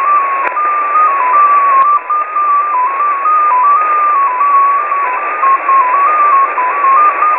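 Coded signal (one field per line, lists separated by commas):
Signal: numbers station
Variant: XPA2 polytone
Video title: Russian XPA2 polytone number station at 14538 kHz (long message)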